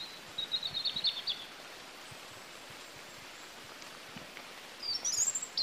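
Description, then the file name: European robin song: a thin, high twittering phrase, a long pause, then a short, higher-pitched flourish near the end, over steady hiss. "Erithacus rubecula"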